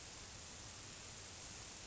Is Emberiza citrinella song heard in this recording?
no